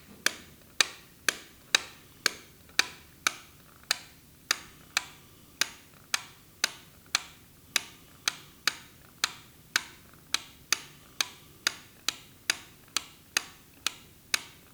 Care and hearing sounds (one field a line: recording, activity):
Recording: daily activity, guitar pickup as the sensor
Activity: operate light